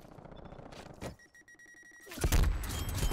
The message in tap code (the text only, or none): none